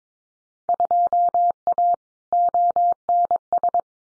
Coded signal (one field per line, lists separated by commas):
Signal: Morse code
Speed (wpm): 22 wpm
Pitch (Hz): 700 Hz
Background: none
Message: 2A ONS